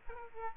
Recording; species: mosquito wingbeat signal from an infrared sensor; Aedes aegypti